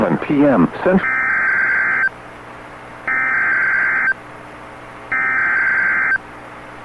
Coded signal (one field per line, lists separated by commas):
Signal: Emergency Alert System (SAME) tones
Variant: header bursts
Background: speech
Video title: EAS #1,963 Online NOAA Weather Radio Severe T’storm Warning #2 5/20/25